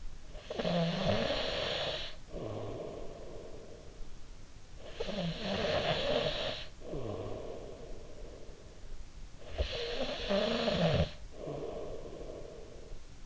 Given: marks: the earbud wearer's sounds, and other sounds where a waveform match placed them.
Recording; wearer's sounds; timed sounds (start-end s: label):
sounds in sleep by an in-ear microphone; snoring breath
0.00-4.06 s: snoring breath
4.52-8.52 s: snoring breath
9.15-13.26 s: snoring breath